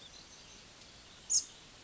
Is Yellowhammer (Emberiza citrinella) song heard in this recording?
no